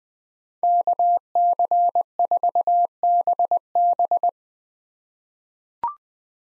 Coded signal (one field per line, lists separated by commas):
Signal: Morse code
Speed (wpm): 21 wpm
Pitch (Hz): 700 Hz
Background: none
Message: KC4BB